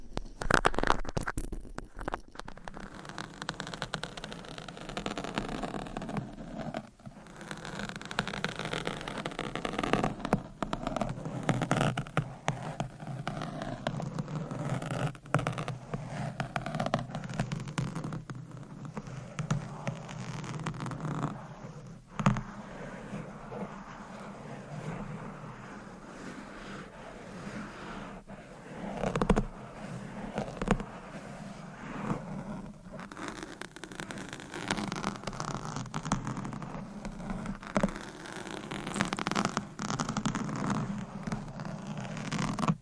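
Continuous scratching and rubbing with tapping sounds, a dense, busy texture with frequent sharp clicks and brief louder bursts throughout.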